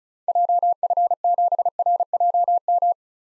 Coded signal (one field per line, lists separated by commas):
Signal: Morse code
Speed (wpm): 34 wpm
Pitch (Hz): 700 Hz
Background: none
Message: JF7RJM